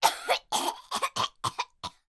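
A 5-year-old boy coughs about six times in two seconds, short dry bursts separated by brief pauses.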